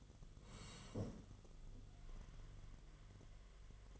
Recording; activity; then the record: daily activity, microphone in the room; sit down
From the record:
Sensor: 4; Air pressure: 1006.0 hPa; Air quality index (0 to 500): 112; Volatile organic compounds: 3 ppm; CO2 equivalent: 1413 ppm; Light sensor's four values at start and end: 13/28/11/10 and 13/28/11/10